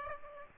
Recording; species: mosquito wingbeat signal from an infrared sensor; Aedes aegypti